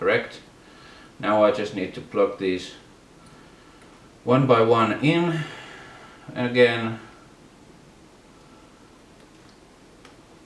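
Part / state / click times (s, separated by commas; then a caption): engine sensor wiring plug into its mating connector / seated / 10.0 s. Someone talks while plugging an MK3 Supra's engine sensor wiring connectors (the CPS and MAF plugs) back in one by one, pushing each plastic connector onto its mating half. After a quiet stretch, a short, faint click is heard at 10.1 s as the connector seats.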